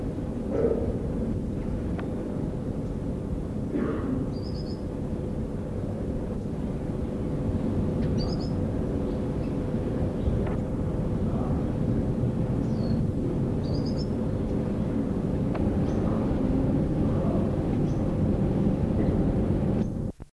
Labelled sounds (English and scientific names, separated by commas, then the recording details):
Golden-collared Honeycreeper (Iridophanes pulcherrimus) call
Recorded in captivity
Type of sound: call
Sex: female
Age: adult
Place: Zoo Frankfurt, Rheinland-Pfalz, DE
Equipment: Halbspur, 9,5 cm/s
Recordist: Lütgens, Hans
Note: Rufe des Weibchens